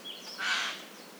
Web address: SETE Garrulus glandarius